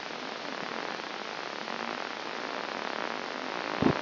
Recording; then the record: brain microelectrode recording played as sound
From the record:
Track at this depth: outside the subthalamic nucleus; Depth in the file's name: 0.048 mm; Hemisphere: left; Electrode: 3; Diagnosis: Parkinson's disease